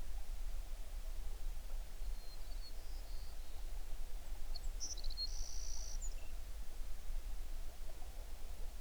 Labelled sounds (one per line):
songbird